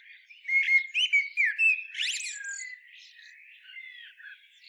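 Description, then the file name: Common blackbird phrase: several fluty whistled notes followed by a sharp high twittering flourish, then softer trailing warbles. "Turdus merula"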